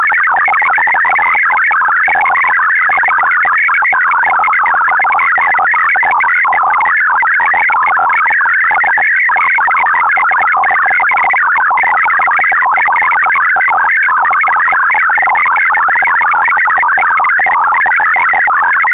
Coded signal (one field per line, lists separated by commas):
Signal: multi-tone FSK (Olivia or MFSK type)